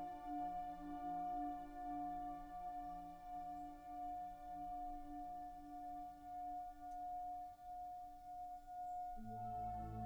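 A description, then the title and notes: A Tibetan singing bowl hums with a sustained ringing tone, its layered overtones holding steady with a slow wavering pulse. Near the nine-second mark a second, lower tone enters, thickening the sound as the ring continues without a break. A very simple calming soundscape for meditation using a Tibetan singing bowl.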